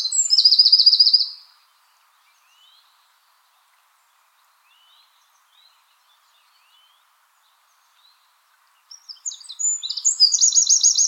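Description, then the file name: Eurasian wren song, a brief high rattling trill at the start, then near silence with faint soft chips, before another shrill fast trilled burst begins near the end. "Troglodytes troglodytes"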